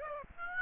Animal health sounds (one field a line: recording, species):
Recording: mosquito wingbeat signal from an infrared sensor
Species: Aedes aegypti